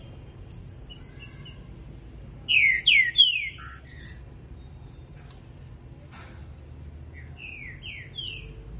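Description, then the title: Green-winged saltator song: a loud burst of rich, slurred whistles falling in pitch midway, then softer scattered notes and a quieter run of downslurred whistles near the end. Singing while warming up. "Canto De Trinca Ferro Voz 07. Trinca ferro Rex esquentando"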